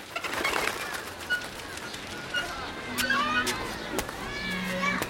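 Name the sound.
parrots squawking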